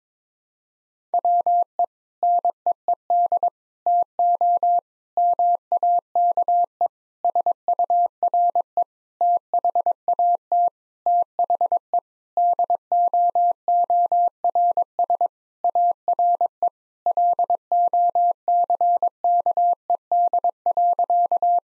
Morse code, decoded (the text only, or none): WE NEED TO MAKE SURE THAT THE DOORS ARE LOCKED.